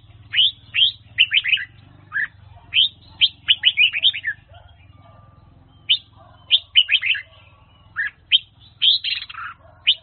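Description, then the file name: Red-whiskered bulbul song, short bright whistled notes, some sweeping downward, delivered in lively groups with gaps, over a steady low hum. Hue-style red-whiskered bulbul training song. "file luyen giong chao mao hue dao giong"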